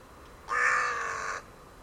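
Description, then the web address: Bird call: one harsh, drawn-out nasal note about a second long, rough and even in tone, over a quiet background. "cianscape. Deverinetal. Bird Only"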